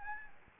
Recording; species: mosquito wingbeat signal from an infrared sensor; Anopheles gambiae